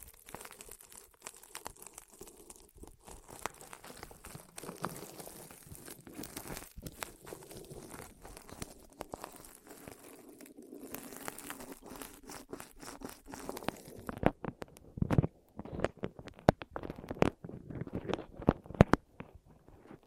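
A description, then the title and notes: ASMR rolling sounds on the ears: a dense, continuous crinkling and crackling with soft low rumbling underneath. Sharp clicks and crunches come fast and irregular throughout, growing sparser but louder and punchier after about fourteen seconds. ASMR Rolling On Your Ears (No Talking).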